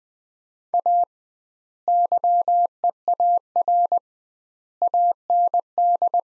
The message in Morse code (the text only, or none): A YEAR AND